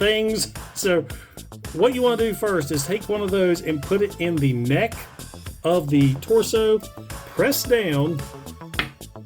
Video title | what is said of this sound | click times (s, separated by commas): Transformers @BlokeesGalaxy Version Series 1 - Optimus Prime, Megatron, Jazz, Prowl, Skywarp | and you'll hear that click right into place that's really hard to do with your thumb | 8.8 s